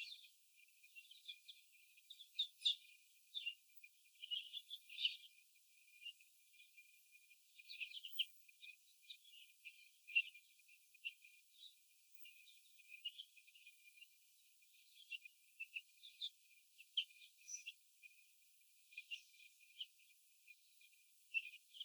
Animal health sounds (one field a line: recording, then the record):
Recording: young laying hens in a cage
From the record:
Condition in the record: before the stressor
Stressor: sudden umbrella opening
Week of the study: 2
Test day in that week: 1